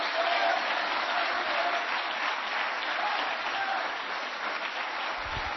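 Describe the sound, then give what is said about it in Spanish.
A church audience claps hands for the King of Kings in a steady, dense wash of applause that stays loud and even throughout, with a brief low thump near the end. “¡Palmas al Rey de Reyes!”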